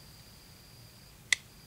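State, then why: Seated. The clip point blade of a Leatherman Kick multi-tool is opened until the spring-steel lock on its frame engages; this lock has no push button to release it. After a faint steady background hum, a single short, sharp metallic click sounds at 1.3 s as the blade locks into place.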